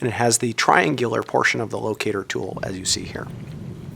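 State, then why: Not seated. A square driver LOCATOR insert, with the triangular portion of the LOCATOR tool, is handled for fitting into a torque wrench to torque LOCATOR abutments, while a man talks throughout. No sharp hit is heard, and nothing has seated or clicked yet by the end of the clip.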